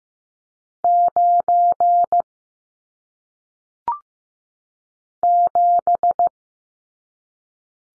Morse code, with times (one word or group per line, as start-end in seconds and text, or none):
0.8-2.2 9
5.2-6.3 7